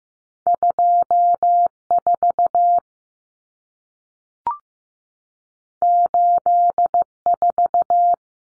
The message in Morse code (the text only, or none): 24 84